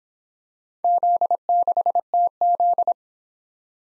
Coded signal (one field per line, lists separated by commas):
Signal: Morse code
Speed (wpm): 27 wpm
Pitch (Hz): 700 Hz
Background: none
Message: Z6TZ